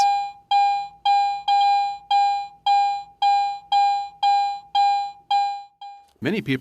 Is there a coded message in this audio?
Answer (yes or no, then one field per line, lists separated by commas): no